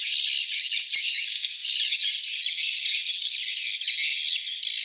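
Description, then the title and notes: Swiftlets twittering in a dense, continuous chorus of high, chattering chirps, with no pauses and nothing low-pitched heard. Swiftlet house lure sound of the AKAU brand, Tien Giang, Vietnam. "Am thanh nha yen Akau Vietnam - Tien giang. Những âm thanh chim yến thuộc thương hiệu AKAU"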